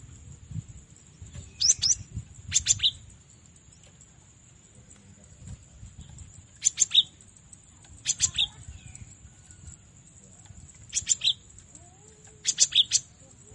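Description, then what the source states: Cinereous tit phrases of two or three thin, high notes, repeated at irregular intervals of about one to four seconds, over a constant high hiss and low rumbling background. Masteran recording, used as training audio for caged songbirds.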